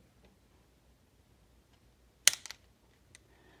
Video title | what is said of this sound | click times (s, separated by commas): How to use Safariland Speedloaders for your J-Frame Revolver Snubby Speed Loading | star in the middle until it clicks and if you need to load your revolver | 2.3 s